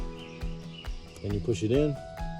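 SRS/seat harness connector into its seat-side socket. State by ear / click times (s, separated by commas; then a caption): not seated / none. Someone talks over background music while the SRS seat wiring connector of a Charger/Challenger, routed under the seat, is handled toward its seat-side socket and its top locking part is pushed in, because it won't click in until the top is pushed in. A few short, faint knocks are heard during the handling. Nothing has seated or clicked yet.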